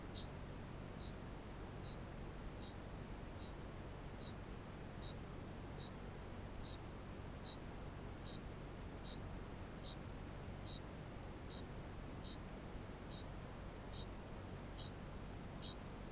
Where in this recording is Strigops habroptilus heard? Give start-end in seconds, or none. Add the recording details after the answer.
0.03-16.11. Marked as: faintness 3/5. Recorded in New Zealand. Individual Barnard